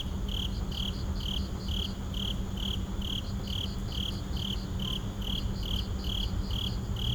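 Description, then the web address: Insect: rapid, even pulses, one high steady series overlapping a quieter, higher series in groups, over a continuous low droning background. Night insects in a suburban park. "boom library Urban and Suburban Suburban park night insects"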